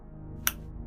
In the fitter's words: and as you heard, there was a click sound.